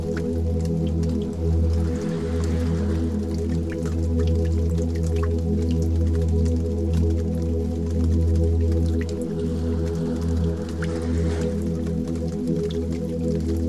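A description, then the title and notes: Water flows steadily over a deep, humming drone of low sustained tones that swell and dip slightly but never stop. A soft hiss runs above, sprinkled with small drips and clicks, briefly brighter around two and eleven seconds. Water flow with beautiful melody.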